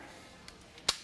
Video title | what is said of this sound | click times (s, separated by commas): Killer Instinct™ BOSS™ 405 + Crank Combo at KYGUNCO | Once we get all the way back, you'll hear it click. | 0.9 s